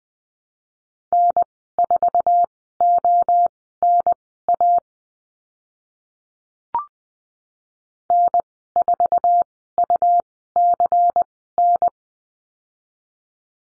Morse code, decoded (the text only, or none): N4ONA N4UCN